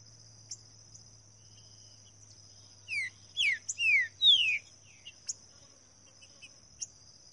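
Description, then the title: Green-winged saltator phrase of four strong, falling whistles with short gaps, set against a steady high-pitched insect drone. Singing in the wild bush; song style labelled 'voz 08'. "Canto De Trinca Ferro Voz 08. TRINCA FERRO CANTANDO NO MATO"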